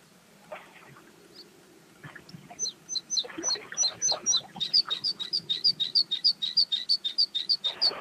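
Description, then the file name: Bluethroat song beginning with scattered notes and rustling, then building into a rapid, even series of sharp high whistled notes. "gorge bleue"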